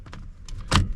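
A new turn signal multi-function switch for a 2005–2008 Ford F-150 is pressed into the steering column and dropped into position. After a few faint ticks and rustles, it seats with a sharp, bright click at 0.8 s.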